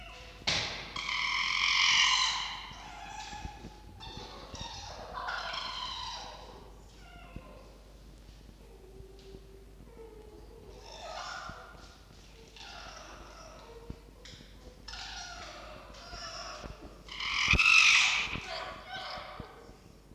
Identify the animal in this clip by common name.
Red Fox